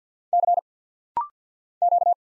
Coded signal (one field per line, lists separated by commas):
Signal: Morse code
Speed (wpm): 50 wpm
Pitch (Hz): 700 Hz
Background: none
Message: C Q